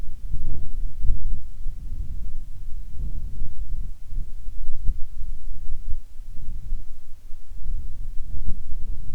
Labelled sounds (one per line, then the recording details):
wind
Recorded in the Arctic National Wildlife Refuge, Alaska, on 7 July 2019 at 18:34
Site 41